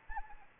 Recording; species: mosquito wingbeat signal from an infrared sensor; Anopheles arabiensis